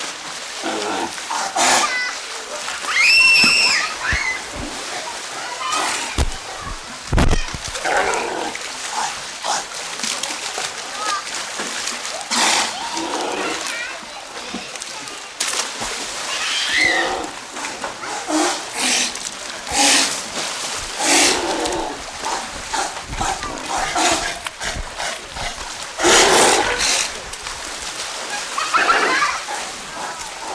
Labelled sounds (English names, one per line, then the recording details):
South American Sea Lion call
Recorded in captivity
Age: adult
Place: Tiergarten Schönbrunn, Wien, AT
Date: 1999-11-10 16:40
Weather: overcast, ca. 5°C
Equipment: Sony WM-D6C, Sennheiser ME 80, Kopie Uher 4000 Report Monitor
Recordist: Tembrock, Günter
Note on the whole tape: Diverse Laute bei Fütterung, (abweichende Zeitansage 15.40 Uhr)